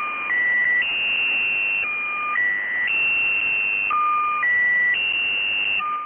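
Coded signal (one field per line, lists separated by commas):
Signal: channel marker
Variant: The Squeaky Wheel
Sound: repeating sequence of steady electronic tones stepping between pitches, like a squeaky wheel, over hiss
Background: radio static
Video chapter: 01:21 channel maker start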